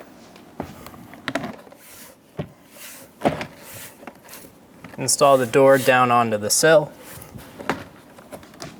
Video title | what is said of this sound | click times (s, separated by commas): How to Replace Rear Window Motor & Regulator Assemblies 2014-2018 Chevrolet Silverado 1500 | push the clip on until you hear it click in | 1.3 s